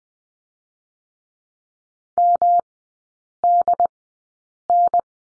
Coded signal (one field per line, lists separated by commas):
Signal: Morse code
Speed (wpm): 20 wpm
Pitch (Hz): 700 Hz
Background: none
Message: MDN